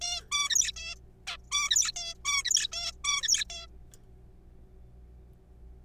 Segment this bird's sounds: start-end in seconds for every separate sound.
0.02-0.21, 0.32-0.72, 0.76-0.95, 1.27-1.37, 1.52-1.70, 1.71-1.92, 1.96-2.14, 2.25-2.42, 2.45-2.67, 2.73-2.92, 3.04-3.44, 3.50-3.66